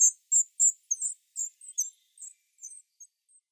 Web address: Schulze Peter Great Tit nestling